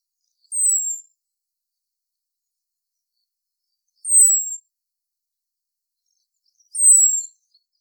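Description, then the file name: Eurasian blackbird giving thin, very high, slightly falling seee calls, three of them spaced a few seconds apart, with silence between. "Turdus merula"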